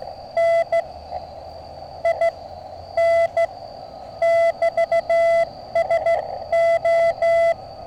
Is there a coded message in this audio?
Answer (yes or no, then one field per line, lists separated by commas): yes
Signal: Morse code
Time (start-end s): 0.4-7.5 s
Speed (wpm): 15 wpm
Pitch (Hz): 670 Hz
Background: none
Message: NIN <BT> SO